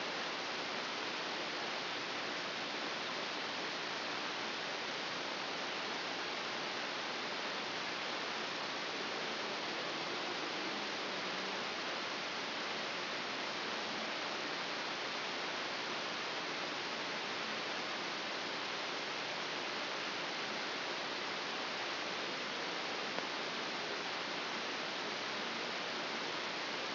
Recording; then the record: brain microelectrode recording played as sound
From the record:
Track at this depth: inside the subthalamic nucleus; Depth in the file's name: 1.835 mm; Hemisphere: left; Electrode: 3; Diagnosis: Parkinson's disease